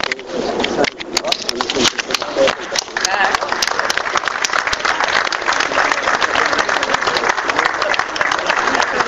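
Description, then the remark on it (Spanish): A steady burst of audience applause at a pensioners' assembly, dense overlapping claps with a bright crackling texture holding at a fairly loud, even level for several seconds. “Aplausos.”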